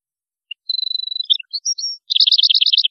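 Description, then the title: European goldfinch song fragment: a thin, steady whistle, a few chirps, then a fast buzzy trill of repeated notes. "Chant Chardonneret"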